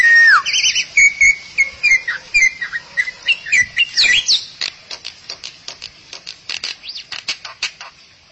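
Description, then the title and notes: Starling or myna song: clear whistles and slurred notes give way to a steady train of dry, ticking clicks that fade toward the end. "suara burung jalak"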